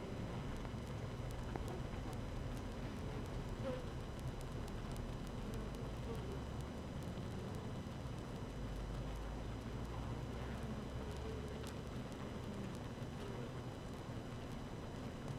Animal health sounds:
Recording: honeybee colony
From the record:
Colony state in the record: active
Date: 12 June 2018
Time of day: 7:32

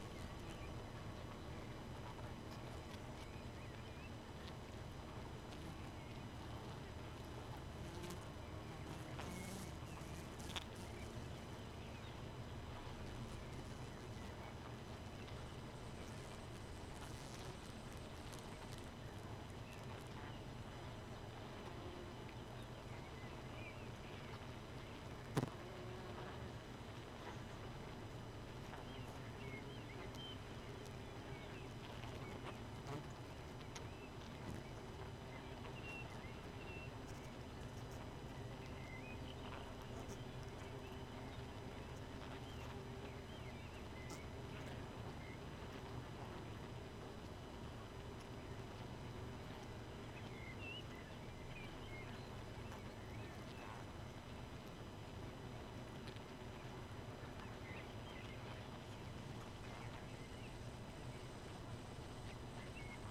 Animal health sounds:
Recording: honeybee colony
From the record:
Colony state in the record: missing queen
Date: 31 May 2018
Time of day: 2:50

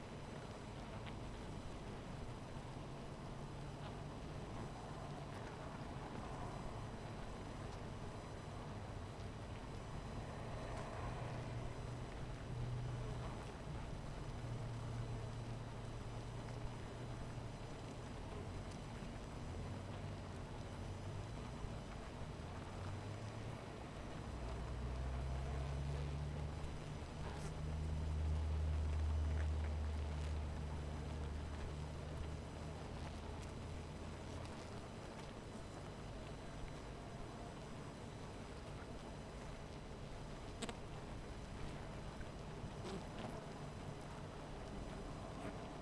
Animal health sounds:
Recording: honeybee colony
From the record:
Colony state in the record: missing queen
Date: 14 July 2017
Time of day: 17:58

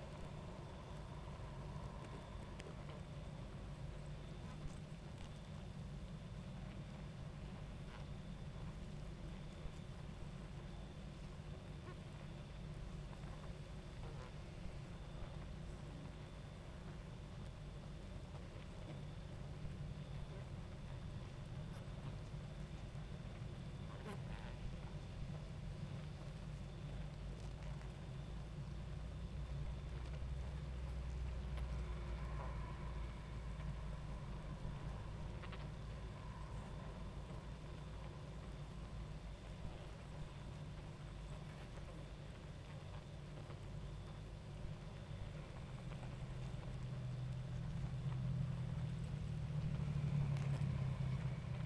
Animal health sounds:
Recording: honeybee colony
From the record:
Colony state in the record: active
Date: 28 July 2017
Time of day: 22:51

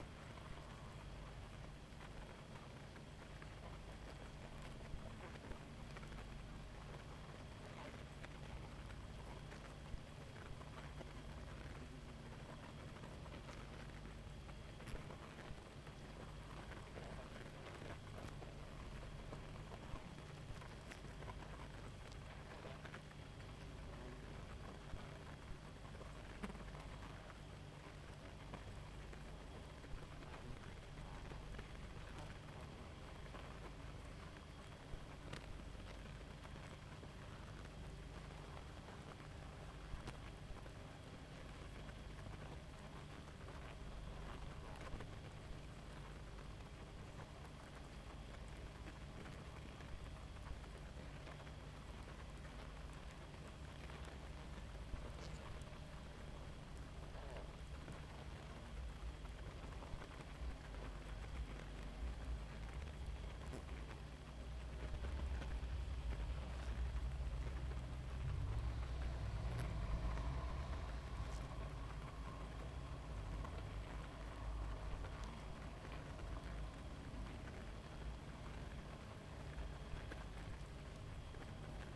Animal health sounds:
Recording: honeybee colony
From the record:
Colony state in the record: active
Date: 28 July 2017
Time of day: 0:20

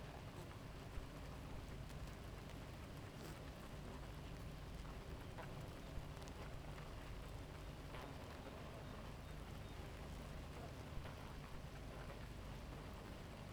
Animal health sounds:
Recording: honeybee colony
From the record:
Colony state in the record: active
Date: 28 July 2017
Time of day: 4:01

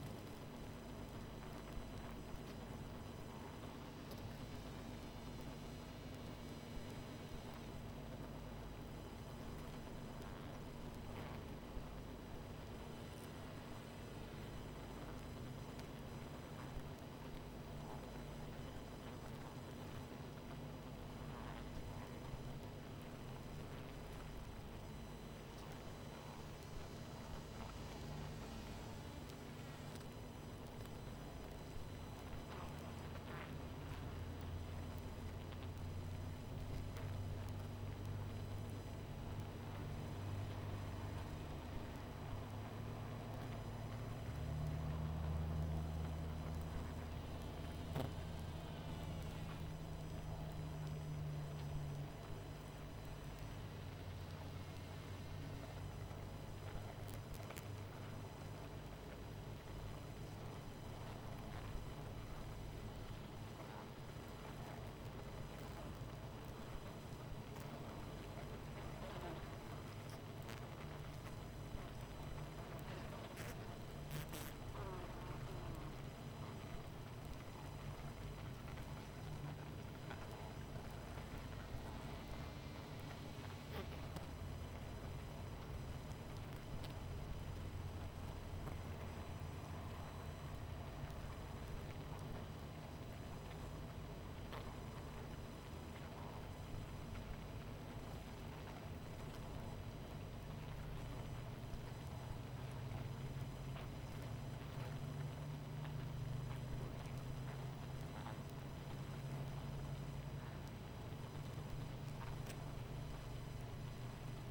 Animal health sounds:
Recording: honeybee colony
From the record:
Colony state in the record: missing queen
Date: 14 July 2017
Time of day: 22:33

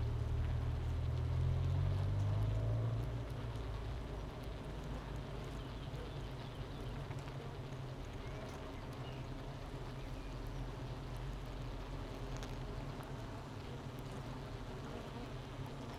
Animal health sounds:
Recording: honeybee colony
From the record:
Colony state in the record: missing queen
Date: 31 May 2018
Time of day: 9:35

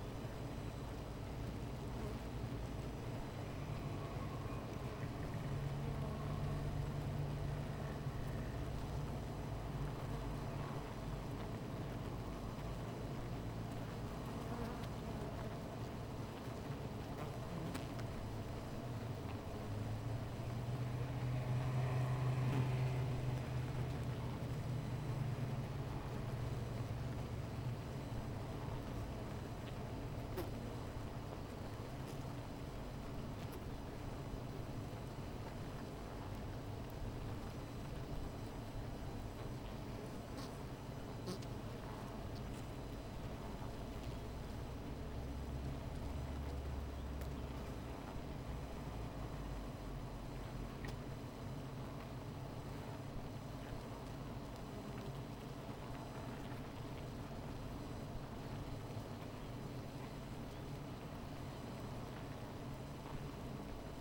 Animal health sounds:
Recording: honeybee colony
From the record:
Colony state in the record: missing queen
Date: 14 July 2017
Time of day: 16:23

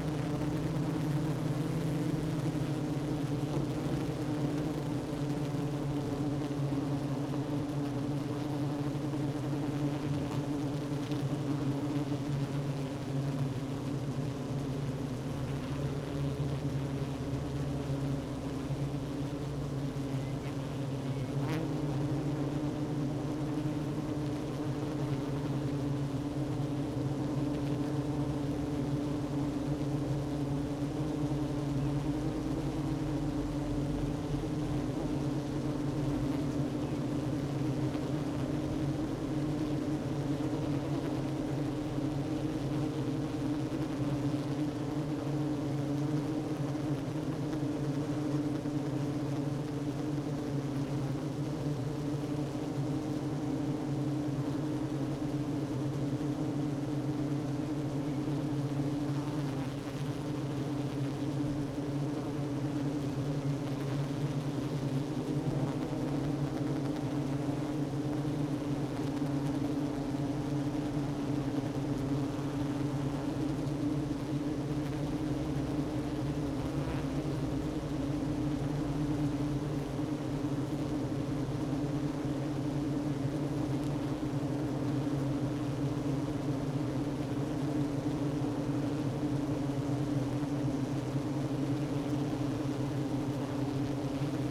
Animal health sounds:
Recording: honeybee colony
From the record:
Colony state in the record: active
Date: 12 June 2018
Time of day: 10:47

